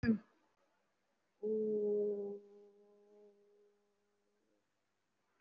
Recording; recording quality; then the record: sustained vowel as in boot; excellent, no background noise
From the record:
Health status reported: respiratory illness, not identified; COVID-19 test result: negative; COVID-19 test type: RT-PCR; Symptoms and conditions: cough, sore throat, fatigue, muscle pain, asthma, chronic lung disease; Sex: female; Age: 33 years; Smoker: no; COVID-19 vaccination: one dose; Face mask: worn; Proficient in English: no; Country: India